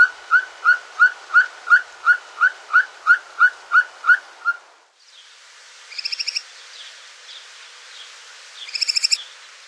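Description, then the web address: Ferruginous pygmy-owl giving a long run of evenly spaced, whistled toots, about three per second, then stopping; after that, brief high trills over a hiss. "Songs of Birds of North America Stokes. Ferruginous Pygmy-Owl"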